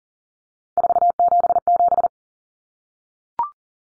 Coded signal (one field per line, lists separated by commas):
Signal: Morse code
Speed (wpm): 40 wpm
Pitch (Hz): 700 Hz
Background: none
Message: 477